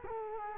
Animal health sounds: mosquito wingbeat signal from an infrared sensor; Culex quinquefasciatus

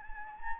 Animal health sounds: mosquito wingbeat signal from an infrared sensor; Anopheles gambiae

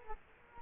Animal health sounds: mosquito wingbeat signal from an infrared sensor; Culex quinquefasciatus

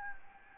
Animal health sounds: mosquito wingbeat signal from an infrared sensor; Anopheles gambiae

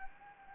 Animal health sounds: mosquito wingbeat signal from an infrared sensor; Anopheles gambiae

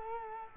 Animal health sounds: mosquito wingbeat signal from an infrared sensor; Culex quinquefasciatus

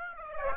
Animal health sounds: mosquito wingbeat signal from an infrared sensor; Aedes aegypti

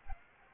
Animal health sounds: mosquito wingbeat signal from an infrared sensor; Aedes aegypti

